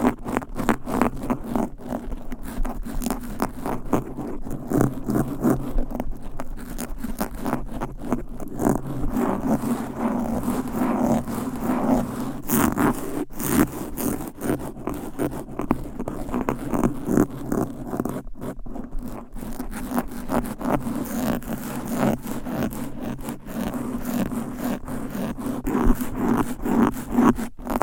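Fast, aggressive scratching on microphone covers with fingernails fills the whole stretch, a dense run of quick rasping strokes with no pauses. The texture stays steady and gritty, with a low hum underneath and occasional sharper clicks cutting through.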